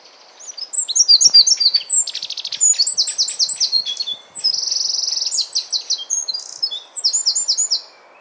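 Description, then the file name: Eurasian wren song: a long, fast outpouring of shrill twittering notes with a steady buzzing trill in the middle, continuing for over seven seconds. "Troglodytes troglodytes"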